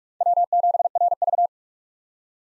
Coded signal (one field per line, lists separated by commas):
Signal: Morse code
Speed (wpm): 42 wpm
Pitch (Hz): 700 Hz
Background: none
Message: W7RV